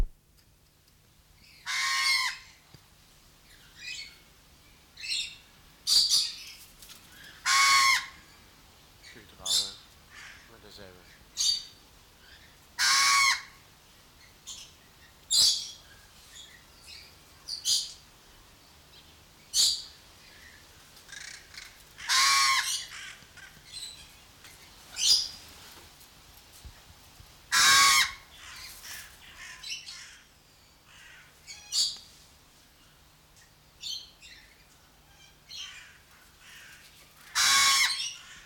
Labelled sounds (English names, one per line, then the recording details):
Coconut Lorikeet
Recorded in captivity
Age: adult
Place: Zoo Berlin, Berlin, DE
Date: 1993-08-28 10:17
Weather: 12-15°C, heiter
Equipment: Marantz CP 430, Sennheiser MKH 416 T, Kopie Uher Variocord 263
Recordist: Tembrock, Günter